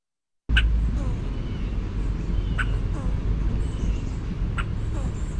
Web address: naturesounds sounds FOSQ